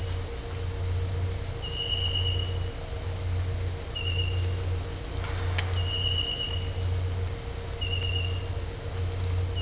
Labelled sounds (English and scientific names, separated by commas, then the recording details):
none
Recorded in dense forest near Puerto Asís, Putumayo, Colombia, on 8 March 2025 at 07:30
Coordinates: 0.468, -76.322
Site GP01